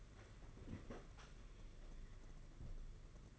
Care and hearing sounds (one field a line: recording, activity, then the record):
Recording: daily activity, microphone in the room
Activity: open fridge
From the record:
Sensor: 4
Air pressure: 992.7 hPa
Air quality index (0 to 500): 167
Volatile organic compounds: 226 ppm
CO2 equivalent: 4295 ppm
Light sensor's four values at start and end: 20/67/25/26 and 19/66/25/25